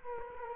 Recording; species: mosquito wingbeat signal from an infrared sensor; Culex quinquefasciatus